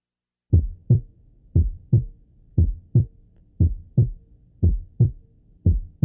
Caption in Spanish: Escuche los dos ruidos cardíacos en el segundo espacio intercostal izquierdo. En primer lugar, sin desdoblamiento del segundo ruido. El segundo. Ruido es más intenso que el primer ruido y de tonalidad más alta.